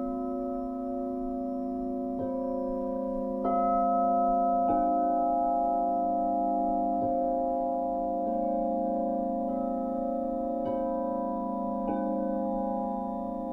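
A sound bath of struck bowls whose long, overlapping tones ring on without fading, building a steady, warm, mid-low drone. Fresh soft strikes arrive roughly every second or two, each adding or shifting a pitch, with a slightly fuller swell near four seconds.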